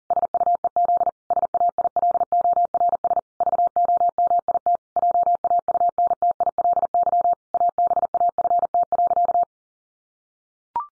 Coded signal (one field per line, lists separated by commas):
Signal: Morse code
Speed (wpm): 40 wpm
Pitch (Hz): 700 Hz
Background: none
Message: SUEZ SAILORS VOMIT JAUNTILY ABAFT.